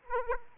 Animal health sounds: mosquito wingbeat signal from an infrared sensor; Aedes aegypti

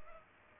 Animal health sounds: mosquito wingbeat signal from an infrared sensor; Culex pipiens

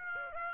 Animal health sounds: mosquito wingbeat signal from an infrared sensor; Aedes aegypti

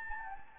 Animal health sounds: mosquito wingbeat signal from an infrared sensor; Anopheles gambiae

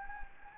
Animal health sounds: mosquito wingbeat signal from an infrared sensor; Anopheles gambiae

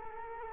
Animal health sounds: mosquito wingbeat signal from an infrared sensor; Culex quinquefasciatus

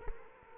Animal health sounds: mosquito wingbeat signal from an infrared sensor; Culex quinquefasciatus

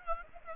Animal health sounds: mosquito wingbeat signal from an infrared sensor; Aedes aegypti

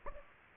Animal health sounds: mosquito wingbeat signal from an infrared sensor; Aedes aegypti

